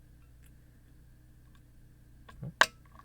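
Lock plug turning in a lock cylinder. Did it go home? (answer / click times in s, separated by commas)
released / 2.6 s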